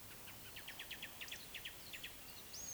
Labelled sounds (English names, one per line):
Eurasian Woodcock whistle
Eurasian Woodcock croak